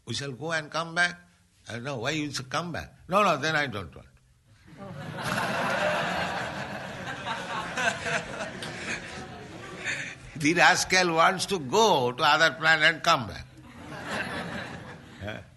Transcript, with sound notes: we shall go and come back?" "No, why you shall come back?" "No, no, then I don't want." [laughter] The rascal wants to go to other planet and come back.